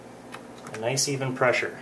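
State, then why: Not seated. A component is pressed with even pressure into its slot on the new system board of a PowerEdge 2850 server while someone talks, with faint ticks at about 0.3 and 0.7 seconds. The part is still being handled and has not gone home; nothing has seated or clicked yet.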